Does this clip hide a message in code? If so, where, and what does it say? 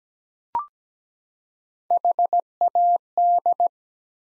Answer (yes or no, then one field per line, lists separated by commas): yes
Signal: Morse code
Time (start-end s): 1.9-3.7 s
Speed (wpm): 17 wpm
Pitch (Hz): 700 Hz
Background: none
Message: HAD